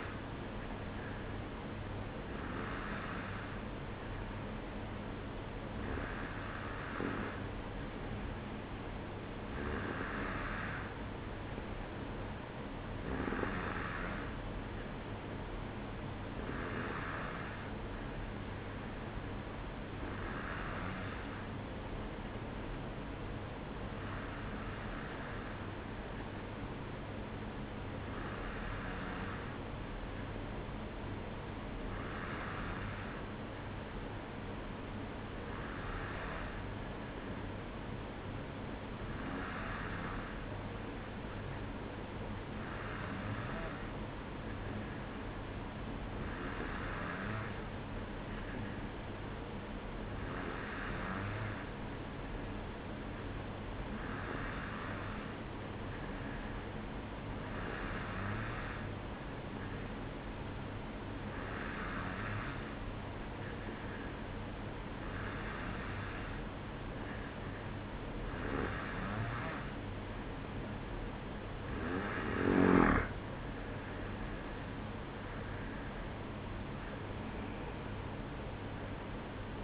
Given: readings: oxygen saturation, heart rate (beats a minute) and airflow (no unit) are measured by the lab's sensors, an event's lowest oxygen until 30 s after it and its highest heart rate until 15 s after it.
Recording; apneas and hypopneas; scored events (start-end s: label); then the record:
breathing in sleep by a voice recorder at the bedside; 1
30.00-75.60 s: hypopnea (N2, oxygen 93% highest, then 92% lowest, heart rate 56 at the start, 62 highest)
62.00-79.64 s: new sleep stage, N1 (lightest sleep)
From the record:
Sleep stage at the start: N2 (light sleep); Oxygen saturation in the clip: 92 to 93%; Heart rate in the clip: 54 to 58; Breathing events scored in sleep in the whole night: 305 in 9.6 hours asleep